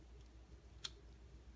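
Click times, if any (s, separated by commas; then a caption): 0.9 s. A plastic safety sheath on a surgical scalpel handle is pushed forward over an 11 blade until it clicks and locks into place at 0.85 s. The sheath is pushed all the way to the tip so the blade point doesn't stick out. The single sharp, bright click stands out against a quiet, low background hum, and the guard is seated.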